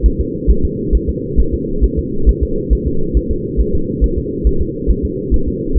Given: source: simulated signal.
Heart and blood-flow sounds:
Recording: fetal heart sounds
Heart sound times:
0.06 s: S1
0.20 s: S2
0.50 s: S1
0.65 s: S2
0.95 s: S1
1.09 s: S2
1.40 s: S1
1.54 s: S2
1.84 s: S1
1.99 s: S2
2.29 s: S1
2.43 s: S2
2.73 s: S1
2.87 s: S2
3.17 s: S1
3.31 s: S2
3.60 s: S1
3.75 s: S2
4.04 s: S1
4.18 s: S2
4.47 s: S1
4.61 s: S2
4.90 s: S1
5.05 s: S2
5.34 s: S1
5.48 s: S2
5.78 s: S1
From the record:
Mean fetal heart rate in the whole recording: 135 bpm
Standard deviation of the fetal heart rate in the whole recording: 3 bpm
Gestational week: 34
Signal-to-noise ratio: -8.1 dB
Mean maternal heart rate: 72 bpm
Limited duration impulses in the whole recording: absent

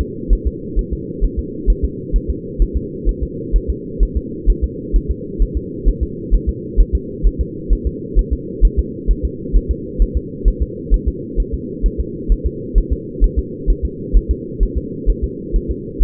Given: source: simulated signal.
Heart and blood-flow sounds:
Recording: fetal heart sounds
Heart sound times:
0.01 s: S2
0.33 s: S1
0.47 s: S2
0.79 s: S1
0.93 s: S2
1.24 s: S1
1.39 s: S2
1.70 s: S1
1.85 s: S2
2.16 s: S1
2.30 s: S2
2.62 s: S1
2.77 s: S2
3.09 s: S1
3.23 s: S2
3.56 s: S1
3.70 s: S2
4.03 s: S1
4.17 s: S2
4.50 s: S1
4.64 s: S2
4.96 s: S1
5.11 s: S2
5.42 s: S1
5.57 s: S2
5.88 s: S1
6.03 s: S2
6.34 s: S1
6.49 s: S2
6.80 s: S1
6.95 s: S2
7.26 s: S1
7.41 s: S2
7.73 s: S1
7.87 s: S2
8.19 s: S1
8.33 s: S2
8.65 s: S1
8.79 s: S2
9.11 s: S1
9.25 s: S2
9.56 s: S1
9.71 s: S2
10.02 s: S1
10.17 s: S2
10.48 s: S1
10.62 s: S2
10.94 s: S1
11.08 s: S2
11.40 s: S1
11.54 s: S2
11.86 s: S1
12.00 s: S2
12.32 s: S1
12.47 s: S2
12.78 s: S1
12.92 s: S2
13.24 s: S1
13.39 s: S2
13.70 s: S1
13.85 s: S2
14.17 s: S1
14.31 s: S2
14.63 s: S1
14.77 s: S2
15.10 s: S1
15.24 s: S2
15.56 s: S1
15.71 s: S2
16.03 s: S1
From the record:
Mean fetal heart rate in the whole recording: 130 bpm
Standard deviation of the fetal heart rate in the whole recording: 2 bpm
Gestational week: 36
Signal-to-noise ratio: -4.1 dB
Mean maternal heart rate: no maternal heart sound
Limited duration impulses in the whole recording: absent

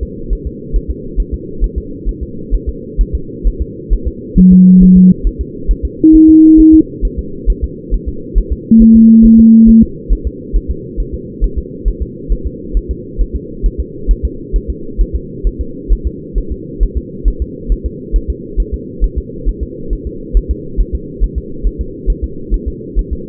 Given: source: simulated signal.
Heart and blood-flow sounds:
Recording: fetal heart sounds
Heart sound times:
0.03 s: S2
0.33 s: S1
0.47 s: S2
0.76 s: S1
0.90 s: S2
1.20 s: S1
1.34 s: S2
1.64 s: S1
1.78 s: S2
2.09 s: S1
2.23 s: S2
2.54 s: S1
2.69 s: S2
3.01 s: S1
3.15 s: S2
3.47 s: S1
3.62 s: S2
3.93 s: S1
4.07 s: S2
4.38 s: S1
4.53 s: S2
4.83 s: S1
4.97 s: S2
5.27 s: S1
5.41 s: S2
5.71 s: S1
5.85 s: S2
6.15 s: S1
6.29 s: S2
6.60 s: S1
6.74 s: S2
7.05 s: S1
7.19 s: S2
7.50 s: S1
7.64 s: S2
7.94 s: S1
8.08 s: S2
8.38 s: S1
8.53 s: S2
8.82 s: S1
8.96 s: S2
9.25 s: S1
9.40 s: S2
9.69 s: S1
9.83 s: S2
10.13 s: S1
10.27 s: S2
10.56 s: S1
10.71 s: S2
11.00 s: S1
11.14 s: S2
11.44 s: S1
11.58 s: S2
11.88 s: S1
12.02 s: S2
12.32 s: S1
12.47 s: S2
12.77 s: S1
12.91 s: S2
13.21 s: S1
13.36 s: S2
13.66 s: S1
13.80 s: S2
14.11 s: S1
14.25 s: S2
14.56 s: S1
14.70 s: S2
15.01 s: S1
15.15 s: S2
15.47 s: S1
15.61 s: S2
15.93 s: S1
16.07 s: S2
16.38 s: S1
16.52 s: S2
16.83 s: S1
16.97 s: S2
17.28 s: S1
17.42 s: S2
17.72 s: S1
17.86 s: S2
18.16 s: S1
18.30 s: S2
18.60 s: S1
18.74 s: S2
19.04 s: S1
19.18 s: S2
19.49 s: S1
19.63 s: S2
19.93 s: S1
20.07 s: S2
20.37 s: S1
20.51 s: S2
20.81 s: S1
20.95 s: S2
21.24 s: S1
21.38 s: S2
21.66 s: S1
21.81 s: S2
22.10 s: S1
22.24 s: S2
22.54 s: S1
22.68 s: S2
22.99 s: S1
23.13 s: S2
From the record:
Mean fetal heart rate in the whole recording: 135 bpm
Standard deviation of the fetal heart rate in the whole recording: 3 bpm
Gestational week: 36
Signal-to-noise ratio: -4.3 dB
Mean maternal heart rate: 72 bpm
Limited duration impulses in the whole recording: present

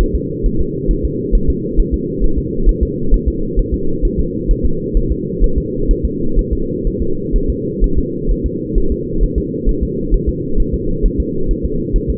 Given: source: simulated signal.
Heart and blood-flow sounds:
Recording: fetal heart sounds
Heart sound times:
0.01 s: S1
0.15 s: S2
0.46 s: S1
0.61 s: S2
0.91 s: S1
1.05 s: S2
1.35 s: S1
1.50 s: S2
1.80 s: S1
1.94 s: S2
2.24 s: S1
2.38 s: S2
2.69 s: S1
2.83 s: S2
3.14 s: S1
3.28 s: S2
3.59 s: S1
3.74 s: S2
4.05 s: S1
4.19 s: S2
4.51 s: S1
4.65 s: S2
4.97 s: S1
5.12 s: S2
5.44 s: S1
5.58 s: S2
5.91 s: S1
6.05 s: S2
6.39 s: S1
6.53 s: S2
6.87 s: S1
7.02 s: S2
7.36 s: S1
7.50 s: S2
7.84 s: S1
7.98 s: S2
8.31 s: S1
8.46 s: S2
8.78 s: S1
8.92 s: S2
9.23 s: S1
9.38 s: S2
9.69 s: S1
9.83 s: S2
10.14 s: S1
10.29 s: S2
10.60 s: S1
10.74 s: S2
11.06 s: S1
11.20 s: S2
11.51 s: S1
11.65 s: S2
11.96 s: S1
12.10 s: S2
From the record:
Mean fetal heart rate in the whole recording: 130 bpm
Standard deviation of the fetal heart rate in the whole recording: 2 bpm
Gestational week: 38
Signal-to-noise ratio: -8.1 dB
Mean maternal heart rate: 72 bpm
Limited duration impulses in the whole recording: absent

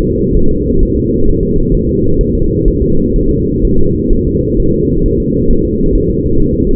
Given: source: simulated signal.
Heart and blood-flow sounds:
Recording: fetal heart sounds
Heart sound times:
0.04 s: S2
0.37 s: S1
0.51 s: S2
0.83 s: S1
0.97 s: S2
1.29 s: S1
1.43 s: S2
1.74 s: S1
1.89 s: S2
2.21 s: S1
2.35 s: S2
2.68 s: S1
2.82 s: S2
3.16 s: S1
3.31 s: S2
3.65 s: S1
3.79 s: S2
4.13 s: S1
4.27 s: S2
4.60 s: S1
4.74 s: S2
5.06 s: S1
5.20 s: S2
5.51 s: S1
5.65 s: S2
5.95 s: S1
6.10 s: S2
6.40 s: S1
6.54 s: S2
From the record:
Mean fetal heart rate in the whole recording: 130 bpm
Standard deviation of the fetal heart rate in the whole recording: 4 bpm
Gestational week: 38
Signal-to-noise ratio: -17.7 dB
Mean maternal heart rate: 72 bpm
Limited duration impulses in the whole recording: present

